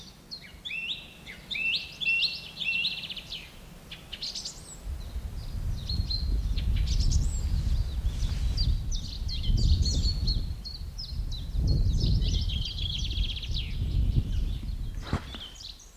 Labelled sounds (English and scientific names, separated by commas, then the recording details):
Song Thrush (Turdus philomelos) song
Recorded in the wild
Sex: male
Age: adult
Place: Buckow (Märkische Schweiz), Märkische Schweiz, Brandenburg, DE
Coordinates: 52.5678, 14.1197
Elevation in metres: 30
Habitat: forest
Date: 1988-04-16 10:11
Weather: sunny, above 8°C
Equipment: Sony WM-D6C, Sony ECM-939 LT, Kopie 19 cm
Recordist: Tembrock, Günter